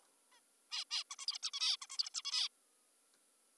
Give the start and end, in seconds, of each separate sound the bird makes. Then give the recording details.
0.32-0.40, 0.72-0.84, 0.91-1.04, 1.11-1.16, 1.19-1.26, 1.28-1.38, 1.43-1.51, 1.54-1.77, 1.82-1.87, 1.90-1.98, 1.98-2.10, 2.14-2.22, 2.25-2.48. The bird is an adult. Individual g19o3U